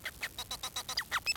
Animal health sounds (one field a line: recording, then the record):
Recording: song of a male Bengalese finch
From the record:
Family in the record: son of father 4